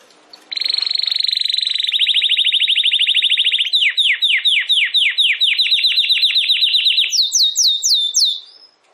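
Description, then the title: Domestic canary delivering a long rapid trill that turns into repeated downward-sweeping notes, ending in a few higher swooping notes. Belgian canary singing; campainha (bell) song. "Canário Belga Campainha Canary Singing"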